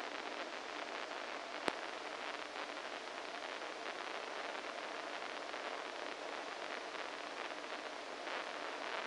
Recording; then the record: brain microelectrode recording played as sound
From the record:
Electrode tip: inside the subthalamic nucleus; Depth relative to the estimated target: -1 mm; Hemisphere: right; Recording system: NeuroSet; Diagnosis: Parkinson's disease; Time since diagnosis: 14 years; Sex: male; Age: 51 years